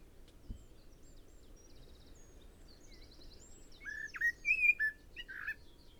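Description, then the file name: Common blackbird: a few faint high notes, then a short run of clear warbled whistles in the last couple of seconds. "Turdus merula"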